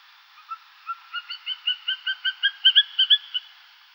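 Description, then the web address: Greater spotted eagle calling in a series of many high, yelping notes that grow louder toward the end. "Uzbek hayvonlar. Aquila clanga"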